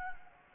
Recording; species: mosquito wingbeat signal from an infrared sensor; Anopheles gambiae